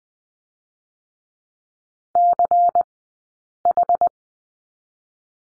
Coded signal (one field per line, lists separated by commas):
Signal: Morse code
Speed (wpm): 20 wpm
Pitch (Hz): 700 Hz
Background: none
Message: CH